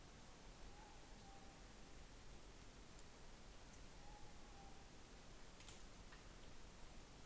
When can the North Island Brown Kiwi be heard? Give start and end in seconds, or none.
none